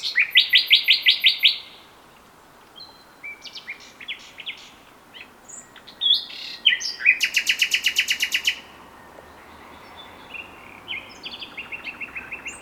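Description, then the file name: Common nightingale song: a fast run of loud repeated notes, then a pause, then varied chirps and a second rapid rattling series, ending in thinner repeated notes. "Luscinia megarhynchos"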